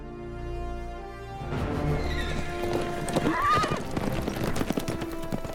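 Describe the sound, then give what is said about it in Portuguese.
After a brief steady tone, a horse's hooves clop in an uneven run of sharp knocks, and a high, wavering whinny rises over the clatter midway through. “Você já andou de cavalo?”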